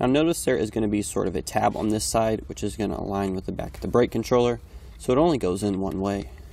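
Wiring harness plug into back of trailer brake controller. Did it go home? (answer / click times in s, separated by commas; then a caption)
no / none. A man talks as a keyed plastic wiring harness plug, with a tab on one side so it only goes in one way, is handled at the back of a Tekonsha Prodigy P3 trailer brake controller being installed in a 1995 Ford F-150. Only speech is heard, with no sudden sounds, and nothing has seated or clicked yet.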